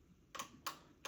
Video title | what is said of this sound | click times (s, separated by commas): PRODIPE Origine Designe ST Vert Atlantique 100% française 🇫🇷🇫🇷🇫🇷 | ça s'enclenche vachement bien et on entend bien le crac craque et à la main c'est ça fait truc solide | 0.7 s